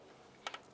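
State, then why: Seated. A spark plug wire boot, greased with dielectric grease, is pushed onto the ignition coil tower of a 2005–2010 Dodge Dakota. After a quiet stretch, a sharp click comes at 0.5 s, followed by a fainter click at 0.5 s. The boot is seated on the coil.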